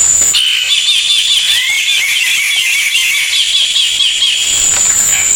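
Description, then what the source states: Bird song: a fast run of arched, ringing notes with strong overtones, set against a constant high-pitched hiss. Melodious voice.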